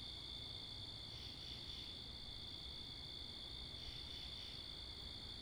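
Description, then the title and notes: Crickets trill in a steady, high, unbroken chorus, swelling slightly in pulses around one and four seconds, over a low rumble of wind and passing traffic. Crickets recorded in Wakefield, Rhode Island, 10 October 2021 at 11:35pm, facing northeast, with two Rode NTG-3 shotgun mics on a Sound Devices MixPre 10ii; cars and wind present. "Oct 10th 2021 11:35pm Wakefield, Rhode Island. Crickets, Cars, and Wind"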